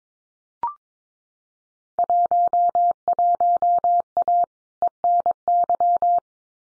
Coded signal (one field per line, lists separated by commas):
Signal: Morse code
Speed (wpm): 22 wpm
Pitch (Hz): 700 Hz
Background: none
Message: 11A ENY